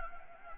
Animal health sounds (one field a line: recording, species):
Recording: mosquito wingbeat signal from an infrared sensor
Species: Anopheles gambiae